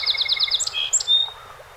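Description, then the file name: Song sparrow song fragment: the last of a fast high trill, then a couple of sharp accented notes and a thin, fading whistle. A set of 48 songs recorded on 7 June 2018. "2018-06-07 Song Sp 48 Songs"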